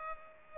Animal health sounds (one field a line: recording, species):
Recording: mosquito wingbeat signal from an infrared sensor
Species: Culex pipiens